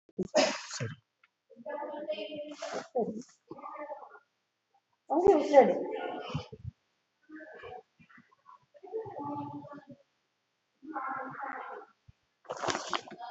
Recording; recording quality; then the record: shallow breathing; moderate, slight background noise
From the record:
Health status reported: COVID-19 positive, mild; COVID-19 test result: positive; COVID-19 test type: RT-PCR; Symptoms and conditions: cough, cold, fever, fatigue, loss of smell and taste, hypertension, diabetes, another condition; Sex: male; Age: 56 years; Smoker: no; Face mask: not worn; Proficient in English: yes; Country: India